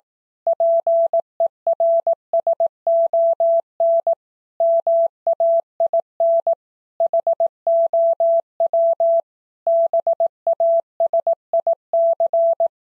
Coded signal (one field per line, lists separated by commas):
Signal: Morse code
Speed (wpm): 18 wpm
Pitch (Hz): 670 Hz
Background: none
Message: PERSON MAIN HOW BASIC